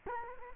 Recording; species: mosquito wingbeat signal from an infrared sensor; Culex quinquefasciatus